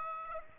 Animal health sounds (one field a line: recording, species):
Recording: mosquito wingbeat signal from an infrared sensor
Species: Aedes aegypti